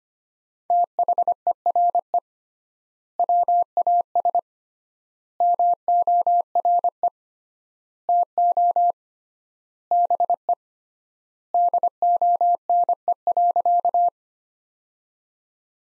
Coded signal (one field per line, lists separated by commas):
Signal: Morse code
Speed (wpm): 25 wpm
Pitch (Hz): 700 Hz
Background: none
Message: THERE WAS MORE TO BE DONE.